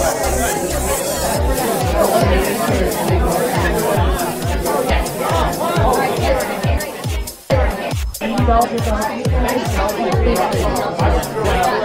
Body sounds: background sound without coughing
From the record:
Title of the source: Nightlife Party Simulating Party Club Noise 1 Hour

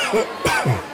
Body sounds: coughing mixed with background sound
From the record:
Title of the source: Dry Afternoon Cough

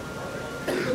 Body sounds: coughing mixed with background sound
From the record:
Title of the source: Coughing 77

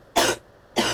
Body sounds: coughing mixed with background sound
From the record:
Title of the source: 61 morning phlegmy cough...again

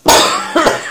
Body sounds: coughing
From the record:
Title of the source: Spring Allergy Coughing

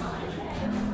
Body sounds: background sound without coughing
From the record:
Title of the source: 60 minutes of coffee shop sounds for study and concentration

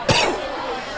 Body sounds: coughing mixed with background sound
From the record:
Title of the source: Coughing 79

